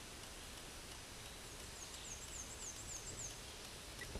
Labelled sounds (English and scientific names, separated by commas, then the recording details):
Black-and-white Warbler (Mniotilta varia) song
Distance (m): 80 m
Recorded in a Pennsylvania forest on 18 May 2023 at 13:23
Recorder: AudioMoth, point grid1_14_low
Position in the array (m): 46 m, 220 m